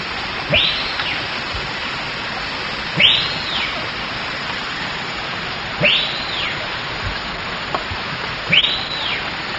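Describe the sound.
Bird giving loud arched whistles that rise then fall, repeated about every two and a half seconds, four times, over steady rushing background noise.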